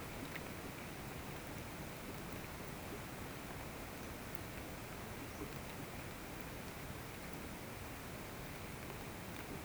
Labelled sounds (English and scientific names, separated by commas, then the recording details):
none
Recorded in pastures near Puerto Asís, Putumayo, Colombia, on 21 March 2025 at 13:00
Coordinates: 0.486, -76.323
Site G075